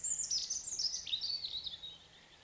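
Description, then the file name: European robin giving a continuous run of high, thin, rapidly changing twittering notes that slide up and down, fading toward the end. "Erithacus rubecula"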